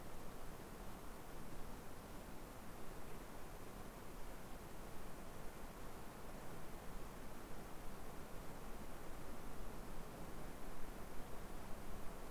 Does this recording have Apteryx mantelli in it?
no